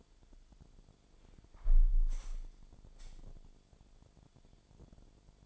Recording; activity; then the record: daily activity, microphone in the room; close window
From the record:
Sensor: 5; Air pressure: 1006.5 hPa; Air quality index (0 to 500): 186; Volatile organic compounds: 5 ppm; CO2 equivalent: 1766 ppm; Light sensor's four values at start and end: 56/160/62/63 and 56/160/62/63